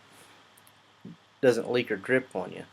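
A primer cup is being handled on a 3M Accuspray gravity primer spray gun with a 1.8 tip, about to be twisted so it locks in place and won't leak or drip while priming an Acura fender. Faint high ticks near 0.6 and 0.7 seconds and a soft low thump around 1.0 seconds are heard, then someone talks. Nothing has seated or clicked yet.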